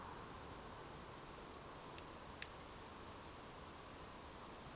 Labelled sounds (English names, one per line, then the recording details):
Eurasian Woodcock whistle
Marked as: whistle, whistle
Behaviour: display flight
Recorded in Baden-Württemberg, Germany, on 12 June 2020 at 20:32 UTC
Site 43791, 788 m above sea level